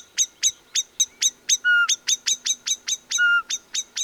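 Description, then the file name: Common blackbird giving sharp, metallic chink calls repeated about four times a second, with two longer, lower whistled notes slipped in between. "Turdus merula"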